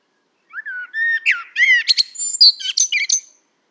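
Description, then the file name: Common blackbird singing a rich warbled phrase of low whistled notes that climbs into a rapid, thin, chattering twitter at the end. "Turdus merula"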